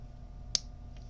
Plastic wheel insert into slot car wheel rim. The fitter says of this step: and snaps in place